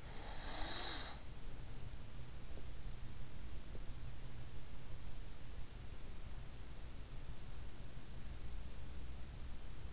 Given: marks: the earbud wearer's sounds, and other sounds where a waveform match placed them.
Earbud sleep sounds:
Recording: sounds in sleep by an in-ear microphone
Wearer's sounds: breath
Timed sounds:
0.00-1.56 s: breath

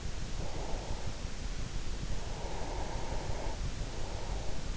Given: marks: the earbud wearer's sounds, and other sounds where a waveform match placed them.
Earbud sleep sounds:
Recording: sounds in sleep by an in-ear microphone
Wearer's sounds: breath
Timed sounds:
0.29-1.46 s: breath
2.05-4.77 s: breath

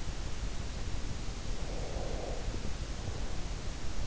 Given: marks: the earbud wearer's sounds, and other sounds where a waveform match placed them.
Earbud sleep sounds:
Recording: sounds in sleep by an in-ear microphone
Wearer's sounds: breath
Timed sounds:
1.43-3.63 s: breath

